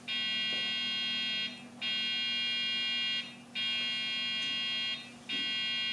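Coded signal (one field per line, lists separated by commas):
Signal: beep code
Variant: Dell BIOS POST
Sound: repeating long buzzy beeps, each about 1.4 seconds, separated by short pauses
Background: low electrical hum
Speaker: that beep code would indicates that the REM configuration isn't working either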